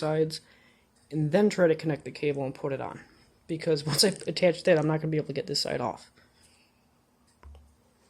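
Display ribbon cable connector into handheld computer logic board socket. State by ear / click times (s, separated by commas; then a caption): not seated / none. Someone talks while handling the display ribbon cable connectors of a Zebra TC57/TC5X handheld computer, readying them to press by hand onto their sockets on the logic board. After the talking stops, two faint, brief ticks come at about 7.4 and 7.6 seconds, but nothing has seated or clicked yet.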